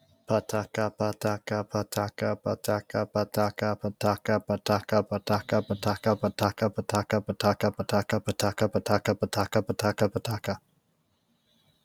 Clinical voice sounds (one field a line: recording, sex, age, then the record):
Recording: repeated syllables /pa ta ka/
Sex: male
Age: 20 to 29 years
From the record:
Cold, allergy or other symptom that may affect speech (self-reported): no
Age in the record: 26 years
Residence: Maine, United States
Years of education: 17